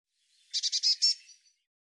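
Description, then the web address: Bird call: five rapid, high, rasping buzzy notes in one short burst, with the last two slightly longer. "cianscape birddata Deverinetal 2025 Bird Cy Ca"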